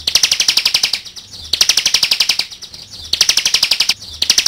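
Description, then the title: Bar-winged prinia delivering quick, evenly pulsed, high-pitched trills in repeated bursts with brief pauses between. Ciblek labelled 'jatra'. "audio ciblek jatra omkicau. Kicau Ciblek"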